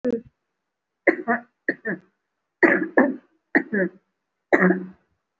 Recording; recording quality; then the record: shallow voluntary cough; excellent, no background noise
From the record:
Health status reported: recovered from COVID-19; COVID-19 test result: positive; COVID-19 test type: RT-PCR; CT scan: taken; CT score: 3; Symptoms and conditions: cough, cold, breathing difficulty, chronic lung disease, pneumonia, hypertension, diabetes, another condition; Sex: female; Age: 63 years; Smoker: no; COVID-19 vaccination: none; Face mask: worn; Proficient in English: yes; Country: India